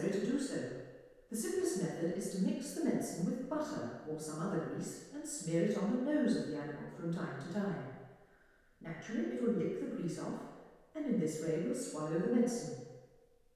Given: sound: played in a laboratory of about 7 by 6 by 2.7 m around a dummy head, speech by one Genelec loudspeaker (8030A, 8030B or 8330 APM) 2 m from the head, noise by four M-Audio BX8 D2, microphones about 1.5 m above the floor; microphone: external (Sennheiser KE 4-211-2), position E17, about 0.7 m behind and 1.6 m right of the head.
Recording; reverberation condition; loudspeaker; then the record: female speech in English; high; behind (180 degrees)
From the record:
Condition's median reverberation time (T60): about 1300 ms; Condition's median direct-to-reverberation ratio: about -4.0 dB